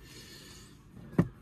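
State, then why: Seated. A small ball joint on a farm machinery linkage, held by an internal spring clip, is pushed into its clip socket. After a low, steady background there is a single sharp snap at 1.2 s. The ball joint clips on and is seated.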